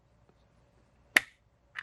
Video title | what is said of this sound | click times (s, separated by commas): Base GS Paintball Mask Lens Swap - Review | unsnaps and i can bring it out so | 1.2 s